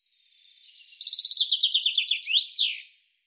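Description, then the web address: Bird trill of rapid, high, repeated chirps swelling in volume, ending with an upward note and a sweeping falling slur, against silence. "cianscape birddata Deverinetal 2025 Bird Fr Co"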